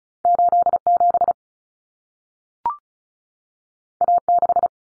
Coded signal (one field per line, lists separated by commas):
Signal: Morse code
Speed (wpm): 36 wpm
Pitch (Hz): 700 Hz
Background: none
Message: 87 A6